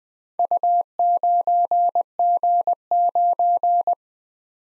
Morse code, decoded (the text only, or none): U9G9